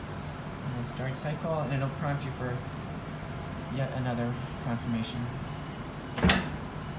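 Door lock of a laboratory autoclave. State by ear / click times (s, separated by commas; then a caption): seated / 6.3 s. Someone talks over a low steady hum from a laboratory autoclave as the cycle start is confirmed. At 6.3 s a sharp click sounds as the door lock mechanism engages and the door begins to seal. The autoclave door seal locks into place.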